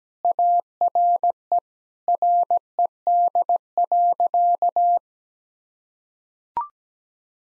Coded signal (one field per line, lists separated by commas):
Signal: Morse code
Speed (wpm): 17 wpm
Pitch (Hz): 700 Hz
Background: none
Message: ARE RED.